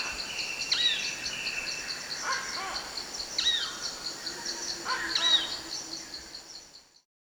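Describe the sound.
Heart-spotted woodpecker uttering three high, abrupt downslurred squeaks with some lower chattering notes between, over a steady insect hum that fades out at the end.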